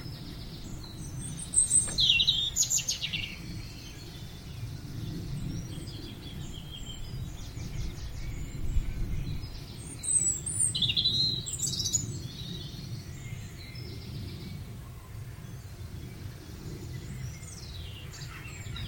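Blackbirds, robins, dunnocks and great tits sing a busy dawn chorus of bright overlapping trills and chirps over a steady low rumble.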